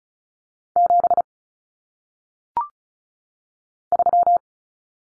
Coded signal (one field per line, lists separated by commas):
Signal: Morse code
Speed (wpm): 36 wpm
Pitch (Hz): 700 Hz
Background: none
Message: 7 3